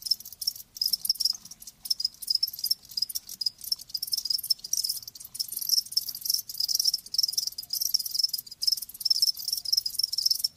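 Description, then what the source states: Crickets chirping rapidly and shrilly, dense bursts separated by short breaks. Live crickets chirping; presented as lulling sleep sounds.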